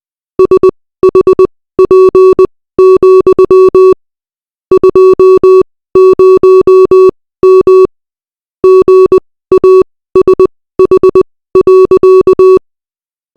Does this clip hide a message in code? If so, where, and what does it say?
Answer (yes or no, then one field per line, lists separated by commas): yes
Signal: Morse code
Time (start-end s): 0.4-12.6 s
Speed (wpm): 20 wpm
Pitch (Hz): 380 Hz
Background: music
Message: SHP, 20M GASH.